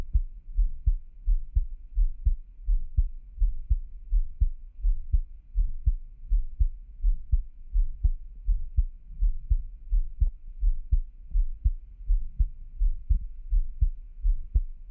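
Soft low thumps in a steady, regular rhythm, about 83 beats a minute: an adult heartbeat.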